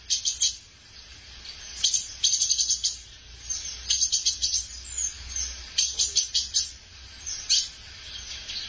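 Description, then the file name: Tanager song made of fast, thin, high-pitched chirps in brief clusters, repeated at irregular intervals over a low, steady hiss. "canto da saira pintor"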